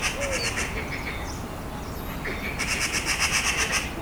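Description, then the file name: Eurasian magpie chattering: a quick harsh rattle at the start, then a longer rapid run of grating notes after a pause, over steady background noise. "Pica pica"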